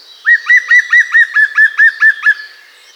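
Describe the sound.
Bird song: a rapid series of about ten clear, slurred notes near the same pitch, evenly repeated over two seconds.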